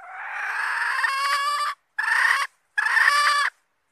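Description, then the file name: Red junglefowl hen calling: a long, harsh note, then two shorter strained notes after brief pauses. Hen calling to find a mate. "tieng ga rung mai keu tim kiem ban tinh"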